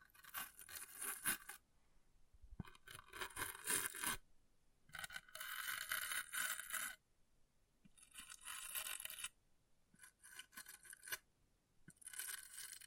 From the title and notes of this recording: ASMR Brain Melting Object Scratching (No Talking).